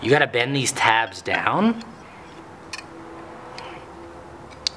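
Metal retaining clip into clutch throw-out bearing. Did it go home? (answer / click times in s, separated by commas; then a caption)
yes / 4.7 s. Someone talks, then a metal retaining clip, its spring clip tabs bent down, is pushed all the way into the clutch throw-out bearing during an SM465 to NV3500 transmission swap on a 1984 K5 Blazer. Faint ticks at 2.7 s and 3.6 s lead to a sharp click at 4.7 s as the clip seats in place.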